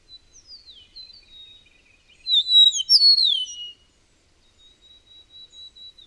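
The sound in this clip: Bird song with soft high notes building into a loud jumble of falling whistles, followed by a thin sustained high tone.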